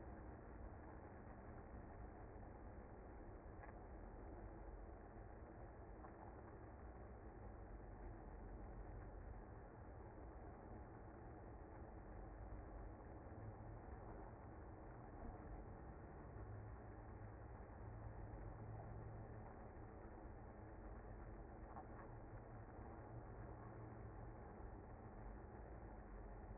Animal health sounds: honeybee colony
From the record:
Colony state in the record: active

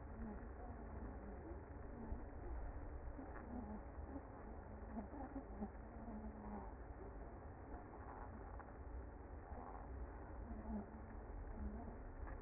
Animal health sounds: honeybee colony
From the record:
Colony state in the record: active

